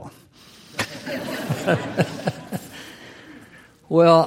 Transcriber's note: laughter